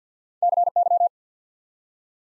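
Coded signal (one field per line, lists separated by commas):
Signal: Morse code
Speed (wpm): 48 wpm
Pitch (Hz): 700 Hz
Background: none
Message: CY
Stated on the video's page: Morse practice drill at 50 wpm, building 5-letter words one letter at a time, for instant character recognition.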